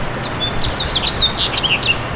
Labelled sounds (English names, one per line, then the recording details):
House Finch song
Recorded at Port Washington on Long Island, New York, on 22 May 2013
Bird A